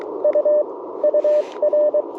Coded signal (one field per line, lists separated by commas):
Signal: Morse code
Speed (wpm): 21 wpm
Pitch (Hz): 590 Hz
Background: none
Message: U UR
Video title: Morning Morse Code - 01/11/2025